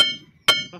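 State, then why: Not seated. A metal floating seal ring is tapped with a hammer into the bore of an excavator track chain link. Two bright metallic strikes ring out at about 0.0 and 0.5 seconds, each leaving a sustained ring that decays, with a faint softer knock near 0.7 seconds. Nothing has seated yet; the ring is still being driven toward its bore.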